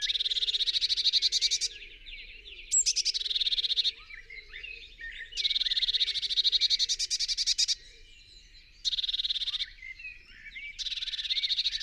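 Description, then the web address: Eurasian blue tit churring in dry rattling bursts, five in total at irregular intervals, with quiet background chirps between them. "SETE Cyanistes caeruleus"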